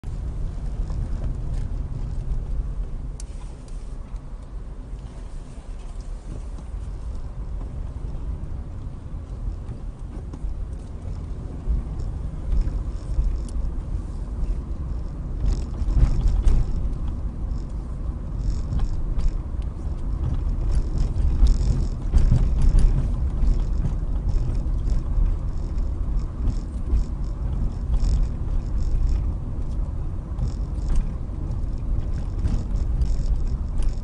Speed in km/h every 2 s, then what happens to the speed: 3, 5, 6, 11, 11, 15, 19, 21, 21, 19, 19, 21, 21, 19, 19, 19, 15.
0-11 speeds up to 19. 11-34 steady at about 19.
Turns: none.